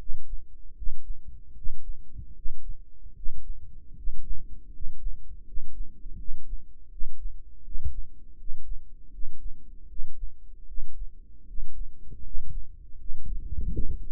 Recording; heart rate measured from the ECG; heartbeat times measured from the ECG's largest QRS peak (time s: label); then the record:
heart sounds by microphone in the right ear; 79 bpm
0.74 s: heartbeat
1.54 s: heartbeat
2.33 s: heartbeat
3.13 s: heartbeat
3.94 s: heartbeat
4.70 s: heartbeat
5.44 s: heartbeat
6.16 s: heartbeat
6.89 s: heartbeat
7.62 s: heartbeat
8.36 s: heartbeat
9.10 s: heartbeat
9.87 s: heartbeat
10.65 s: heartbeat
11.45 s: heartbeat
12.21 s: heartbeat
12.96 s: heartbeat
13.70 s: heartbeat
From the record:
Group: healthy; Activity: rest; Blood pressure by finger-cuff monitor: 114/76 mmHg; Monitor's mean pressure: 84 mmHg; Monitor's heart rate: 79 bpm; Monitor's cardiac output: 6.4 L/min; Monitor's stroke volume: 80 mL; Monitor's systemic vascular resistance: 960 dyn s/cm5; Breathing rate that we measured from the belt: 17 breaths a minute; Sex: male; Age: 35 years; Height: 180 cm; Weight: 86.9 kg